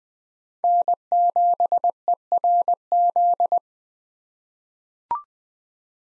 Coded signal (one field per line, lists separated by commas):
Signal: Morse code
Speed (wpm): 20 wpm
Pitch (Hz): 700 Hz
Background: none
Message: N7ERZ